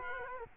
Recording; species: mosquito wingbeat signal from an infrared sensor; Culex quinquefasciatus